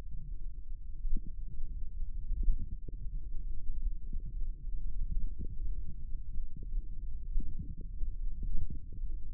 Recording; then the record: forearm muscle sounds (acoustic myography)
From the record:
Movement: finger pinch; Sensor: system 1, eight BSWA MPA416 microphones around the upper forearm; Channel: 8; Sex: male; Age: 18 years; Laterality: right